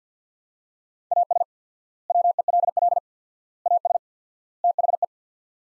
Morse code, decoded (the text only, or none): AS WELL AS THE